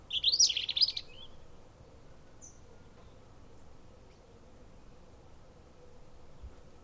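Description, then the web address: European robin giving one rich, tumbling warbled phrase of high twittering notes at the start, then a faint thin note and quiet with low steady hum. "Deverinetal 2025 File origin Bird Only Er Ru"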